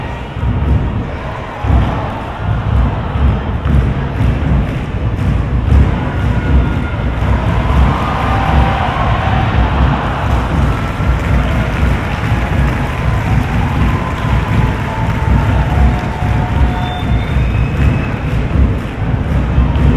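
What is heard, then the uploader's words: A soccer stadium crowd in a lull between plays, a dense steady murmur of many voices with low rumble underneath. Scattered shouts and calls rise and fall throughout, a little busier around the middle, with no clear chant taking hold. Binaural soccer game, Portland Thorns vs Houston Dash. The lull between plays and between chants and songs in the stadium. This was recorded with binaural mics from the top of the cheap seats, away from people talking.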